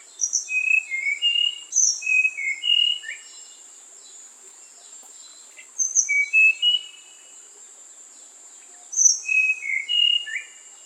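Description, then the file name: Tanahjampea blue flycatcher repeats a short phrase of high whistles falling in pitch, three times several seconds apart, against constant high-pitched insect buzzing. "sikatan tanahjampea"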